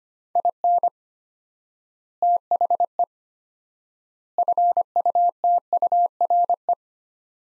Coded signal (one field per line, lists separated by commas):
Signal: Morse code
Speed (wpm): 25 wpm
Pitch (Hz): 700 Hz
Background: none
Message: IN THE FUTURE